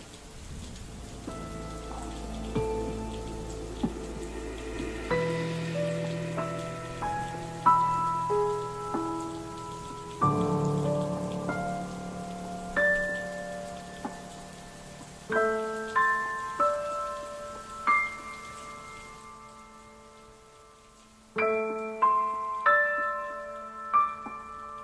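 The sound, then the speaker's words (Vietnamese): Steady rain patters beneath a slow melody of sustained, ringing piano-like notes that step up and down, with no voices present. “Trời đã bắt đầu đổ mưa.”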